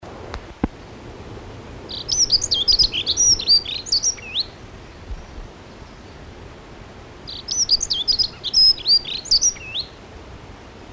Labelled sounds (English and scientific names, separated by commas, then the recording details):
Dunnock (Prunella modularis) song
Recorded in the wild
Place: Sackpfeife, DE
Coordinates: 50.9428, 8.53361
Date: 1964-04-16
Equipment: Uher Report 4000, AKG D190
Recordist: Krey, Winfried
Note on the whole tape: Gesang